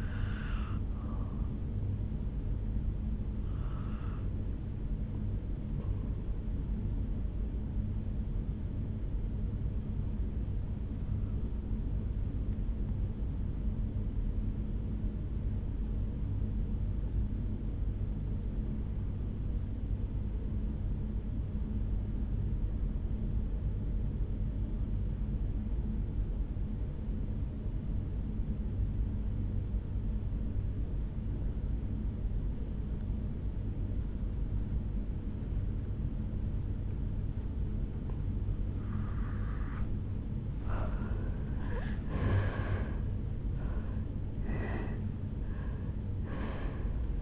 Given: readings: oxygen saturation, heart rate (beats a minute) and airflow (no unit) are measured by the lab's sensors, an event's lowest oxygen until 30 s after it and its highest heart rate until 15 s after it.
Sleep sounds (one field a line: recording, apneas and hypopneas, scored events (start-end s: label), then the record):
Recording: breathing in sleep by a smartphone at the bedside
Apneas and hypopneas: 1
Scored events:
17.00-38.90 s: obstructive apnea (N2, oxygen 98% highest, then 82% lowest, heart rate 60 at the start, 75 highest)
From the record:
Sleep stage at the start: N2 (light sleep)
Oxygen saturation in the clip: 83 to 98%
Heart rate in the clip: 54 to 75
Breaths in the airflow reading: 4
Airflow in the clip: -12.6 to 7.5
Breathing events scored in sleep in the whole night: 449 in 7.0 hours asleep